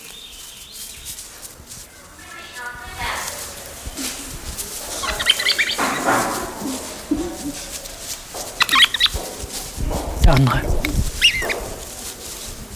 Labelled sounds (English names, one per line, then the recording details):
Grey-winged Trumpeter
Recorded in captivity
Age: adult
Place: Zoo Berlin, Berlin, DE
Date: 1999-09-04 15:11
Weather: sunny, 24°C
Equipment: Sony WM-D6C, Sennheiser ME 80, Kopie Uher 4000 Report Monitor
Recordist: Tembrock, Günter